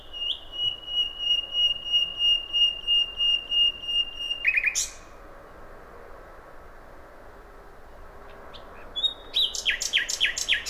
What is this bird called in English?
Common Nightingale